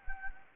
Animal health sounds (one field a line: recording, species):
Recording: mosquito wingbeat signal from an infrared sensor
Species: Anopheles gambiae